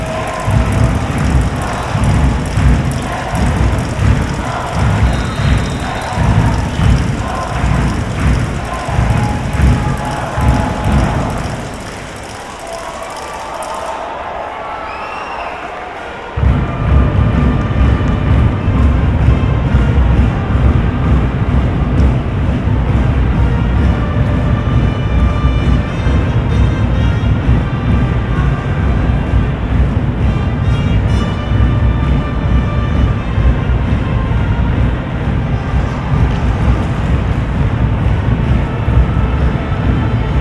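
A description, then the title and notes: A stadium crowd at a soccer game rumbles with dense, steady murmur and voices, dipping to a quieter lull around twelve seconds before surging back. Binaural soccer game, Portland Thorns vs Houston Dash. The lull between plays and between chants and songs in the stadium. This was recorded with binaural mics from the top of the cheap seats, away from people talking.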